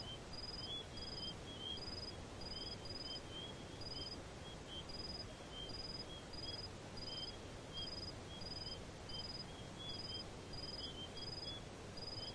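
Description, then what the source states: Crickets chirping: many short high pulsed chirps, repeated at an uneven pace over a steady hiss of background noise. Chirping in desert.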